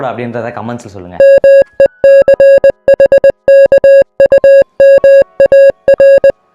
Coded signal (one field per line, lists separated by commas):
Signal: Morse code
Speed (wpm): 20 wpm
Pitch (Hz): 550 Hz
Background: speech, music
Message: MECHKUMAR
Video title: What is Morse Code ?